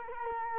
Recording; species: mosquito wingbeat signal from an infrared sensor; Culex quinquefasciatus